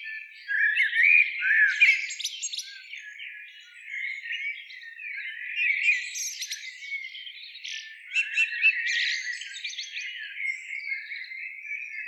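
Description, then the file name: Common blackbird giving a continuous run of scratchy, twittering warbles and chirps in a high, narrow band, with several brief louder bursts. "Turdus merula"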